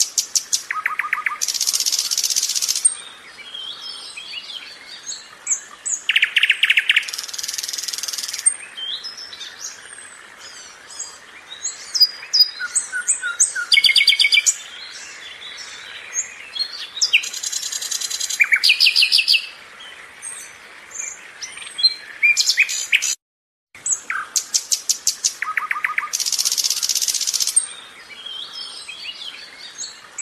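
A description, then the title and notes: Nightingales sing in loud, bright bursts of rapid repeated notes and whistles, each phrase lasting a second or two with short pauses between. Several birds overlap, trading phrases, while softer chirps fill the gaps. A brief silent dropout occurs around 23 seconds. Singing Nightingale Sounds. Nightingales singing.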